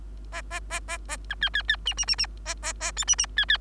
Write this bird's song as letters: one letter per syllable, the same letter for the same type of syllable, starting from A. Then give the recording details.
A A A A A B C C C D D D D A A A E D D C C. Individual Bird3